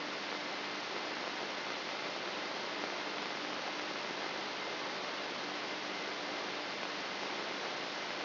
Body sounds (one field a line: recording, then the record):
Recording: brain microelectrode recording played as sound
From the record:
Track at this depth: outside the subthalamic nucleus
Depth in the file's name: 1.539 mm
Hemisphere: left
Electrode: 3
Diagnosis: Parkinson's disease